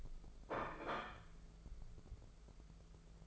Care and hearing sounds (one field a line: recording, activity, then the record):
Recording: daily activity, microphone in the room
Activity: place plate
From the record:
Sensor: 5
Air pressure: 1015.1 hPa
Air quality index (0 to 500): 204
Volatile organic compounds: 10 ppm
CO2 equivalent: 2242 ppm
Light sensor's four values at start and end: 49/116/47/48 and 53/126/51/53